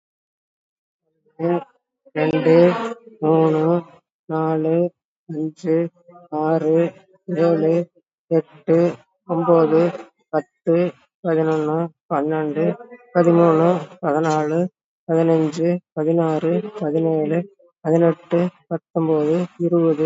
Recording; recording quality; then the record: counting at a normal pace; excellent, no background noise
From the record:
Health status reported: COVID-19 positive, mild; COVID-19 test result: positive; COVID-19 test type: RT-PCR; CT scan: taken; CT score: 6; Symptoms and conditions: cough, cold, fatigue, muscle pain, another respiratory illness, hypertension, diabetes, ischaemic heart disease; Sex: female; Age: 63 years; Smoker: no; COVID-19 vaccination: both doses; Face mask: worn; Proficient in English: yes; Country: India